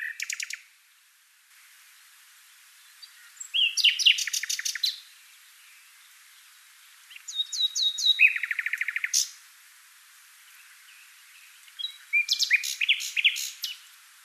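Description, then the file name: Common nightingale delivering four separate bursts of song, each a rapid run of repeated, sharp notes with pauses between them. "Luscinia megarhynchos"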